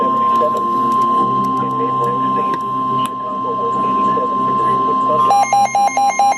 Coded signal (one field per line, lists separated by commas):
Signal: Emergency Alert System (SAME) tones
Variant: 1050 Hz attention tone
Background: speech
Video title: Celebrating 200 EAS Alerts! Going through all the past 200 EAS Alerts EAS #201-223 Part 4 of 4